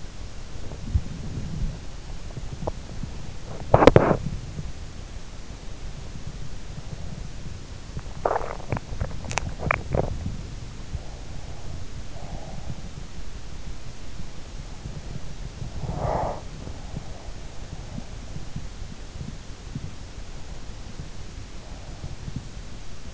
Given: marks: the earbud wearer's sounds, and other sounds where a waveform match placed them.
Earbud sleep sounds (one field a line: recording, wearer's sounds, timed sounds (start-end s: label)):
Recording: sounds in sleep by an in-ear microphone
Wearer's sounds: body movement, swallowing, breath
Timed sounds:
0.00-5.33 s: body movement
6.80-12.26 s: swallowing
12.26-13.11 s: breath
15.11-18.70 s: breath
20.98-23.14 s: breath